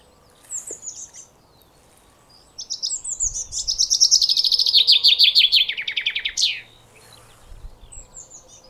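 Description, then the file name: Common chaffinch song, a descending run of sharp notes closing with an emphatic flourish, with scattered high chirps before and after. "Fringilla coelebs"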